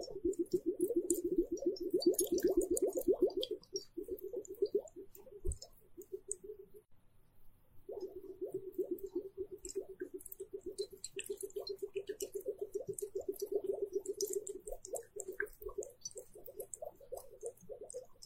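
Hourglass sand trickles in a dense, rapid ticking stream, thins and nearly stops around seven seconds, then resumes, with scattered bright water-droplet clicks.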